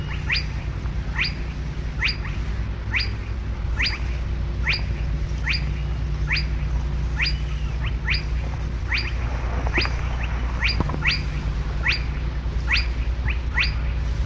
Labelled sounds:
Spotted Crake (Porzana porzana)

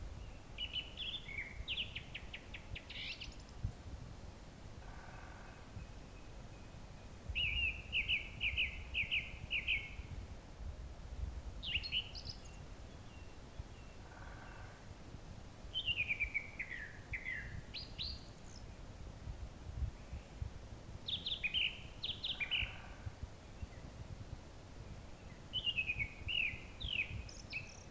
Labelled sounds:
Song Thrush (Turdus philomelos) song

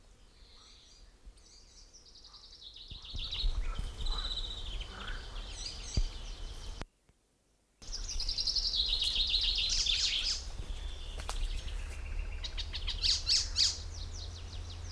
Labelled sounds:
Common Chaffinch (Fringilla coelebs)

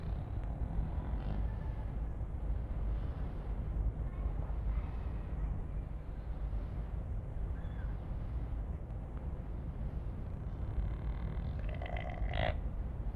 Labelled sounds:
Chamois (Rupicapra rupicapra) call

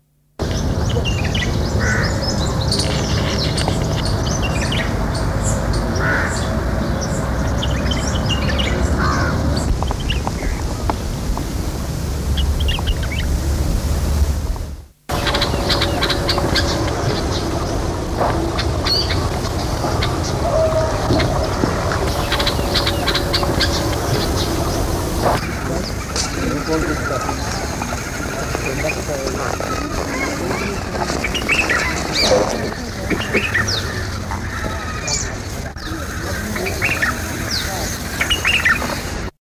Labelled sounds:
White-eared Bulbul (Pycnonotus leucotis) song

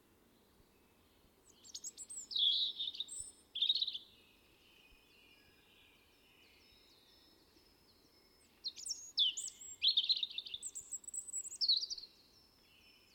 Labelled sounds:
European Robin (Erithacus rubecula) song

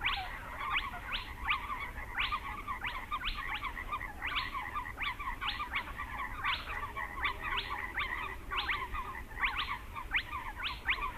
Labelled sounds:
Spotted Crake (Porzana porzana)

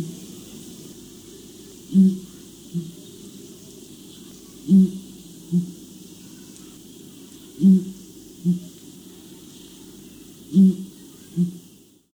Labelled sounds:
Abyssinian Ground Hornbill (Bucorvus abyssinicus)

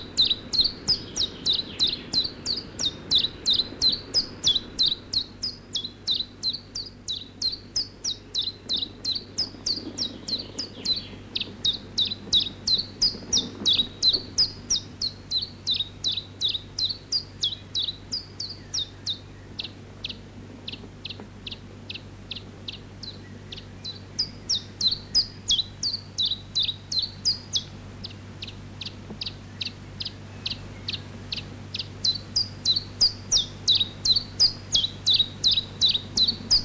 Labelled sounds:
Common Chiffchaff (Phylloscopus collybita)

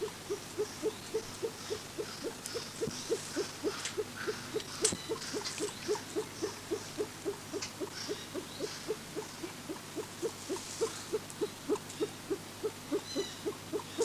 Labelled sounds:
Reeves's Pheasant (Syrmaticus reevesii) call

